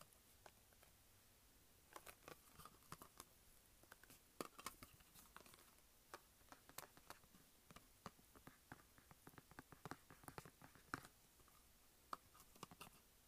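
Fingernails tap and scratch on a makeup palette. Sharp, bright clicks come irregularly, often in quick clusters of two or three, with softer scratchy rustles between them. The pace stays busy and uneven for the whole stretch.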